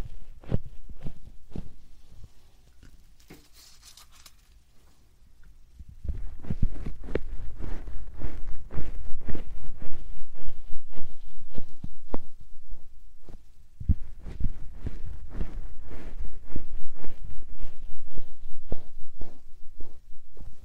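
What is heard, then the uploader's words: Short, soft puffs repeat rapidly in an uneven rhythm, each a brief thump weighted toward the low end. The first five seconds are quieter and sparser, with a faint hiss near the third second; from about six seconds the puffs grow louder and denser, continuing to the end. 말없이 3가지의 퍼프로 귀를 토닥토닥 해드려요 puff sound.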